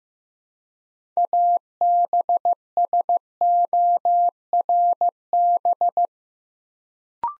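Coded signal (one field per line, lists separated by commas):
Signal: Morse code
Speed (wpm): 15 wpm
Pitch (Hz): 700 Hz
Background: none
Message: ABSORB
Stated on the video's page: Morse practice set at 15 wpm: 6-letter words sent three letters at a time for building instant character recognition.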